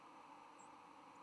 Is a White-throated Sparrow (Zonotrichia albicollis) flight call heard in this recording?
no